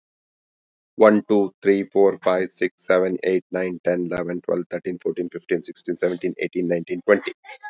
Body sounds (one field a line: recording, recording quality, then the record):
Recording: counting at a fast pace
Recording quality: excellent, no background noise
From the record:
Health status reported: healthy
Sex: male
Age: 44 years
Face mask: not worn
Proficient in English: yes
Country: India